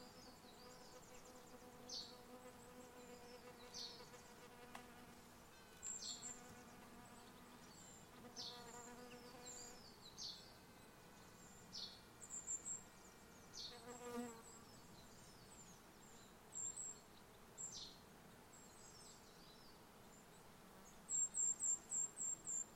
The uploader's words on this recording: Gentle summer forest, Mont Ventoux. This gentle summer soundscape was recorded in the forêt domaniale du mont Ventoux in the Vaucluse region of France. Recorded by Colin Hunter.